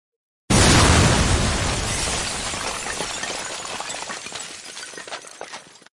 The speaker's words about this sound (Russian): Ахнуло так, что я думал, башня маяка завалится. Мы вбежали обратно. Дверь сдуло, и из проема внутрь комнаты клубились пыль и дым.